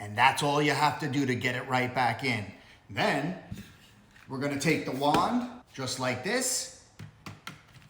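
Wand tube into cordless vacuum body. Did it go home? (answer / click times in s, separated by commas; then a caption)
no / none. A man talks while handling the wand tube of a Shark cordless stick vacuum, lining it up to fit into the vacuum body. Short, faint handling taps come near the end, around 7.0 to 7.8 seconds. Nothing has seated or clicked into place yet.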